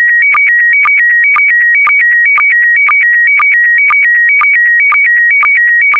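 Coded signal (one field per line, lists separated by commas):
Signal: SSTV (slow-scan television)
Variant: PD120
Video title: (04 of 12) ISS Expedition 61 - MAI-75 January 2020 - Retransmission SSTV PD120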